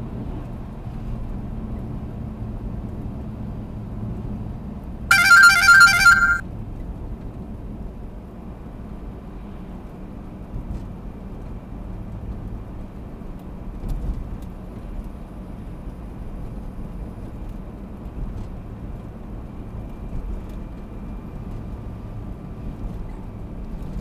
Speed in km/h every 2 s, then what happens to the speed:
69, 65, 63, 59, 59, 59, 61, 59, 60, 60, 60, 60.
0-6 slows to 59. 6-24 steady at about 60.